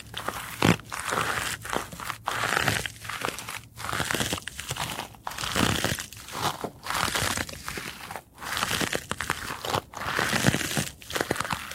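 Wood crunches and crackles in dense, bright bursts about once a second, each broken off by a short silent gap. A faint low hum runs beneath the first four seconds, and a few sharper snaps stand out along the way.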